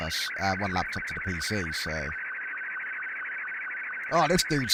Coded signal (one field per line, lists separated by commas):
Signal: SSTV (slow-scan television)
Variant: Martin 2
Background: speech